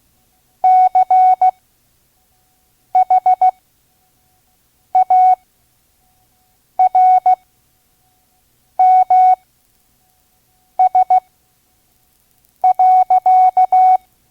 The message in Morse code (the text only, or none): CHARMS.